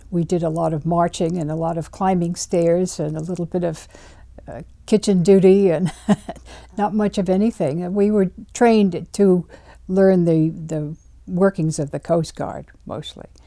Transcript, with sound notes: We did a lot of marching and a lot of climbing stairs and a little bit of kitchen duty and ( she laughs ) not much of anything. We were trained to learn the workings of the Coast Guard mostly.